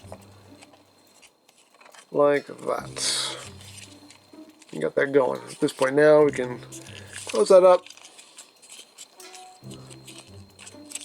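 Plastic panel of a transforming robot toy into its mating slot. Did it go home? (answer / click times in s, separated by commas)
yes / 10.9 s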